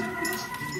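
A keyed power cable connector is handled at a motherboard header, with a steady hum and faint broadband hiss and no distinct transients. Nothing has seated or clicked yet.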